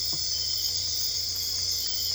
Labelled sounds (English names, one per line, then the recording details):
none
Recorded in dense forest near Puerto Asís, Putumayo, Colombia, on 22 December 2024 at 22:00
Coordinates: 0.485, -76.318
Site GP03